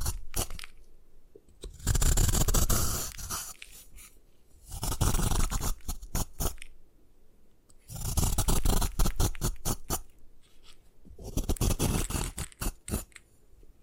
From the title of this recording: Satisfying Ways to Destroy Gym Chalk